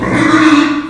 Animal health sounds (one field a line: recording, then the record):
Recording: squeal of a Yucatan mini pig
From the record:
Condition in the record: after surgery on the right vocal fold (resection and tissue-engineered implant)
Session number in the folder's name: 4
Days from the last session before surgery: 26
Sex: female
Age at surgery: 19 weeks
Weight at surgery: 25 kg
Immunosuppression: prednisolone